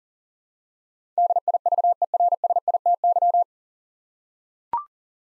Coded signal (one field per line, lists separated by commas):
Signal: Morse code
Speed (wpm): 40 wpm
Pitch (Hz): 700 Hz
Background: none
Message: DIVERSITY